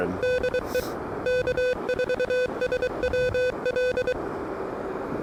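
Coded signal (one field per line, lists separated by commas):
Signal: Morse code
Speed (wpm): 23 wpm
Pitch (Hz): 3500 Hz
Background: speech, music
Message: DE K4SWL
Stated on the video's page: Pedestrian mobile QRP activation at a state recreation area using an Elecraft KH1, early morning.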